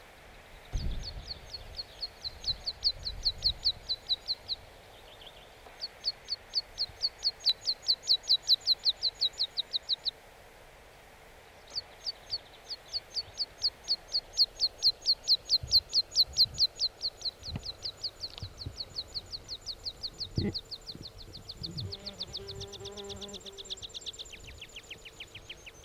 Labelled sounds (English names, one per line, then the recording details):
Meadow Pipit song
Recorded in the wild
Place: Bruchberg, Niedersachsen, DE
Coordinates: 51.79, 10.5
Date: 1986-06-16
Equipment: Sony WM-D6C, Parabolscheibe
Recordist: Skiba, Reinald